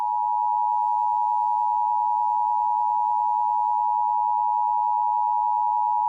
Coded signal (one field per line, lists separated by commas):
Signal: Emergency Alert System (SAME) tones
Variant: 853 and 960 Hz attention tone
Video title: EAS #11 - National Periodic Test - Oct 3, 2018 - 2:18PM EDT (WWJ-TV & WDVD-FM)